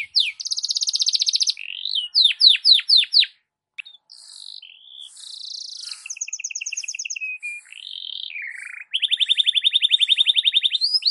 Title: Canto Para Esquentar Canário Belga. SUARA BURUNG KENARI DI PAGI HARI COCOK BUAT MASTERAN